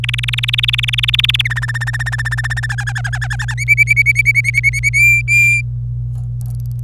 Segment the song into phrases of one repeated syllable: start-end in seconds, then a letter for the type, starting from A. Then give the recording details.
0.04-1.48 A, 1.50-2.66 B, 2.69-3.54 C, 3.58-4.89 D, 4.93-5.62 E. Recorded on 26 April 2018 at 11:50. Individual llb3